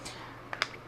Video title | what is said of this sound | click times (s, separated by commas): Massage Gun | and they go in just push it in until it clicks kind of situation okay so | 0.6 s